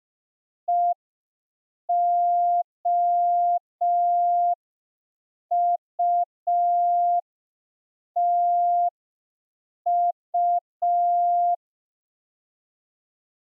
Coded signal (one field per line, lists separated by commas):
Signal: Morse code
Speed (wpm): 5 wpm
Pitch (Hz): 700 Hz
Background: none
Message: EOUTU